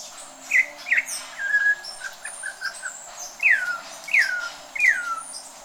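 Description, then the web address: Campo troupial calls: two loud whistled notes, a run of softer steady whistles, then three loud downward-slurred whistles, with faint high chirps behind. "sound Campo-Troupial. صدای-پرنده-پری-نارنجی-کامپو"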